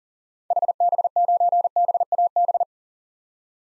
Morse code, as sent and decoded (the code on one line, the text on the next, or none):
.... -... ----. -... .- -...
HB9BAB